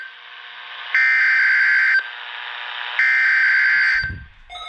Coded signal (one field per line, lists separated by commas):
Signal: Emergency Alert System (SAME) tones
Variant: header bursts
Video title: Strong Thunderstorm SPS and Required Weekly Test on WXK26 (EAS #172)